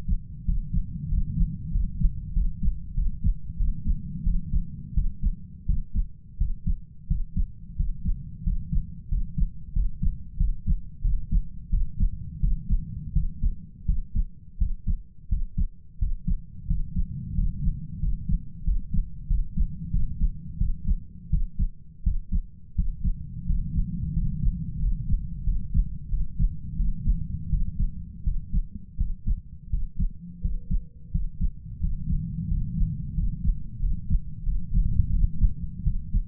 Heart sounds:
heart sounds by stethoscope; 88 bpm
0.45 s: heartbeat
1.08 s: heartbeat
1.71 s: heartbeat
2.33 s: heartbeat
2.94 s: heartbeat
3.57 s: heartbeat
4.23 s: heartbeat
4.94 s: heartbeat
5.66 s: heartbeat
6.37 s: heartbeat
7.07 s: heartbeat
7.76 s: heartbeat
8.43 s: heartbeat
9.09 s: heartbeat
9.73 s: heartbeat
10.37 s: heartbeat
11.02 s: heartbeat
11.70 s: heartbeat
12.40 s: heartbeat
13.13 s: heartbeat
13.85 s: heartbeat
14.58 s: heartbeat
15.28 s: heartbeat
15.98 s: heartbeat
16.67 s: heartbeat
17.34 s: heartbeat
18.00 s: heartbeat
18.64 s: heartbeat
19.27 s: heartbeat
19.91 s: heartbeat
20.58 s: heartbeat
21.30 s: heartbeat
22.03 s: heartbeat
22.75 s: heartbeat
23.46 s: heartbeat
24.13 s: heartbeat
24.79 s: heartbeat
25.44 s: heartbeat
26.09 s: heartbeat
26.76 s: heartbeat
27.49 s: heartbeat
28.23 s: heartbeat
28.97 s: heartbeat
29.70 s: heartbeat
30.41 s: heartbeat
31.11 s: heartbeat
31.80 s: heartbeat
32.48 s: heartbeat
33.14 s: heartbeat
33.80 s: heartbeat
34.43 s: heartbeat
35.10 s: heartbeat
35.83 s: heartbeat
From the record:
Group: healthy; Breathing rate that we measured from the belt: 8 breaths a minute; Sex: male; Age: 33 years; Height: 179 cm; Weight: 80.4 kg

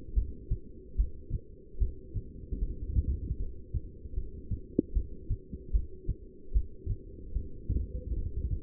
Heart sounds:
heart sounds by stethoscope; 75 bpm
0.15 s: heartbeat
0.97 s: heartbeat
1.79 s: heartbeat
2.60 s: heartbeat
3.38 s: heartbeat
4.15 s: heartbeat
4.94 s: heartbeat
5.72 s: heartbeat
6.53 s: heartbeat
7.34 s: heartbeat
8.15 s: heartbeat
From the record:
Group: heart failure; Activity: rest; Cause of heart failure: non-ischemic cardiomyopathy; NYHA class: 1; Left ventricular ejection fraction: 62%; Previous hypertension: present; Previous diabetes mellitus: present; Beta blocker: bisoprolol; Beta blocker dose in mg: 10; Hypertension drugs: sacubitril-valsartan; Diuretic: furosemide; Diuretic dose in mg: 20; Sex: male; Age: 49 years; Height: 167 cm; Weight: 110 kg

